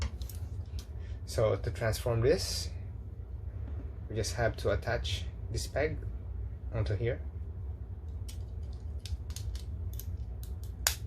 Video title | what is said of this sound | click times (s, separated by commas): mg 1/100 wing gundam ver ka and mg 1/100 wing gundam fenice rinascita alba part 2 of 2 | yeah you're gonna snap like there | 10.9 s